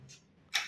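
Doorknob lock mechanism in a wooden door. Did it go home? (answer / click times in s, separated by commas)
yes / 0.6 s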